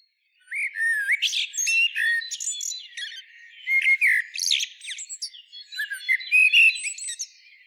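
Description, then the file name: Common blackbird song: whistled warbling phrases, each followed by high thin twittering. "Turdus merula"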